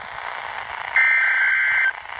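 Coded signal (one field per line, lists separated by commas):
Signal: Emergency Alert System (SAME) tones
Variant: header bursts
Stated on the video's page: Tornado warning received from NOAA Weather Radio.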